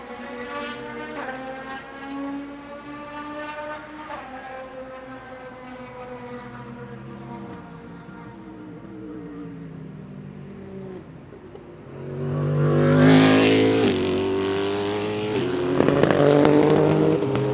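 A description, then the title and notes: Racing engines drone for the first twelve seconds, their pitch climbing and dropping through gear changes. Around the twelve-second mark a much louder, brighter car roars, revving hard in short rising bursts until the end. Sounds of Rolex 24 At Daytona Qualifying. It's an ambient racing audio feature captured during qualifying for January's Rolex 24 At Daytona where IMSA's GT Daytona, GT Le Mans, and DPi/LMP2 classes hit the track for individual sessions. The amazing sounds produced by the exotic models in IMSA's WeatherTech SportsCar Championship.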